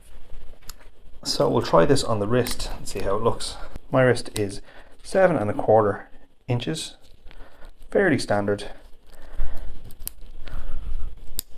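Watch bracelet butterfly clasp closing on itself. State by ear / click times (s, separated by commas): seated / 10.1 s, 11.4 s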